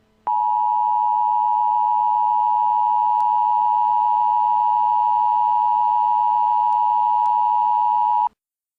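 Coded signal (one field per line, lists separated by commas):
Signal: Emergency Alert System (SAME) tones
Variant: 853 and 960 Hz attention tone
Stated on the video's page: Fictional nuclear missile EAS scenario presented as a tornado warning, simulated alert.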